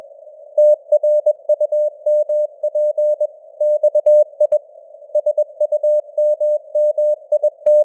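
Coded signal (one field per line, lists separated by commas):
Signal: Morse code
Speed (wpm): 21 wpm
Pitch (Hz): 600 Hz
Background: none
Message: TRUMP XI SUMMIT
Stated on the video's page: Morse news headlines at 21 wpm with simulated radio noise and varying signal strength (QSB); an experiment.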